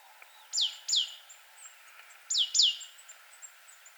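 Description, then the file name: Great tit calls: two pairs of sharp, high downslurred notes a couple of seconds apart. "Parus major"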